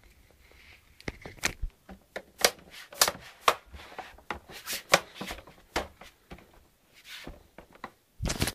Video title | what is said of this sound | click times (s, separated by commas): Xbox 360 RROD fix by a psyduck part 2 | you close your xbox make sure it clicks | 2.4 s, 3.0 s, 3.5 s, 4.9 s